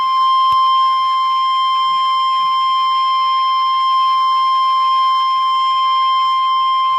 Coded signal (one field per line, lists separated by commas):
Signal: Emergency Alert System (SAME) tones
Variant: 1050 Hz attention tone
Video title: Severe Thunderstorm Watch (EAS#21)